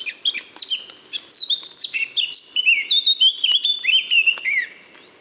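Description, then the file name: Eurasian blackcap singing a fast, continuous warble of mixed chattering notes and rich whistles that flows without pause for about five seconds. "Sylvia atricapilla"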